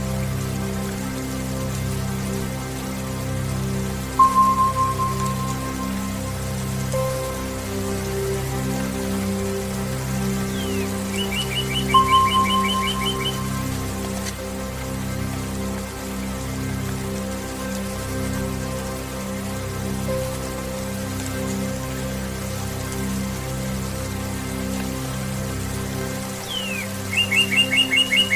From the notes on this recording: meditation music, soothing rain sounds, and distant thunder